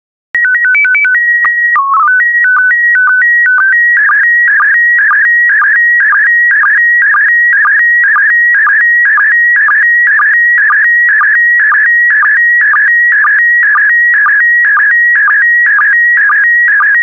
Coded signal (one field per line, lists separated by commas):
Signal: SSTV (slow-scan television)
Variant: PD 120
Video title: 183060 Polar Bears SSTV PD120